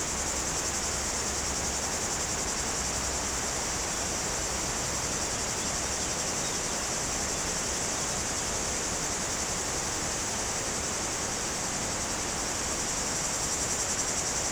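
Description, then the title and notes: Cicadas keep up an unbroken, high-pitched droning chorus, with the steady roar of a flowing river filling the lower sound throughout. Cicadas very active in trees near the Jourdan river, on the slopes of the Grand Colombier above Culoz, France, on a hot day; river audible. "Chem. de Romagnieux, 01350 Culoz, France - Rivière et cigales. Sur les pentes du Grand Colombier au dessus de Culoz , par cette chaude journée les cigales sont très actives dans les arbres près du Jourdan"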